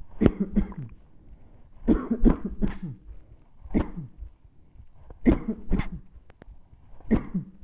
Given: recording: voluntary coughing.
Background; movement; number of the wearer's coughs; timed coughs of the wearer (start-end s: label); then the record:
quiet; sitting; 9
0.19-0.53 s: cough
0.53-0.87 s: cough
1.85-2.21 s: cough
2.23-2.57 s: cough
2.60-2.95 s: cough
3.72-4.09 s: cough
5.23-5.63 s: cough
5.70-6.01 s: cough
7.08-7.46 s: cough
From the record:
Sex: male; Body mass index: 20.5 kg/m2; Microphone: on the chest, facing the body